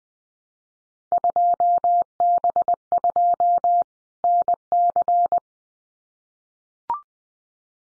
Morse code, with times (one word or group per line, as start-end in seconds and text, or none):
1.1-3.8 2B2
4.2-5.4 NC